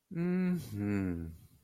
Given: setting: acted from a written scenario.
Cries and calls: vocal sound without words; romantic love

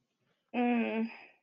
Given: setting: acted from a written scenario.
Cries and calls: vocal sound without words; romantic love

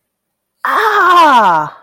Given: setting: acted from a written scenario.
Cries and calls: vocal sound without words; pain

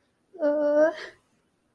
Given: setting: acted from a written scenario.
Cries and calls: vocal sound without words; fear

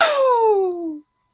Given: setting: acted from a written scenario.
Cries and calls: vocal sound without words; positive surprise

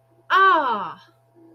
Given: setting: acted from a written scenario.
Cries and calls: vocal sound without words; realization

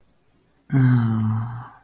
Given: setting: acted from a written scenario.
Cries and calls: vocal sound without words; sympathy

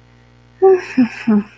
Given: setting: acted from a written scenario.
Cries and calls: vocal sound without words; serenity

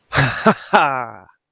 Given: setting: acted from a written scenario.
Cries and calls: vocal sound without words; triumph

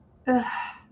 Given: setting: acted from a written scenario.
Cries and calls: vocal sound without words; contempt

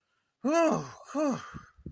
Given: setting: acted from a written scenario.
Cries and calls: vocal sound without words; relief

